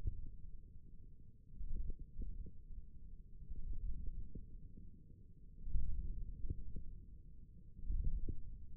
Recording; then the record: forearm muscle sounds (acoustic myography)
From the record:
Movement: ulnar deviation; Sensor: system 1, eight BSWA MPA416 microphones around the upper forearm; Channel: 1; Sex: male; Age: 28 years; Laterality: right